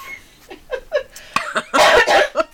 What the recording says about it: I'm going to choke because I just got over COVID and I can't laugh without, I can't laugh without dying. See, I sound like I'm dying.